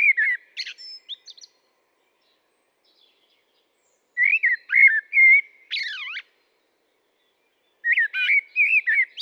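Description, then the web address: Common blackbird singing three separate phrases of fluty whistled notes and thin, high squeaky twitters, with pauses of a few seconds between them. "SETE data Turdus merula"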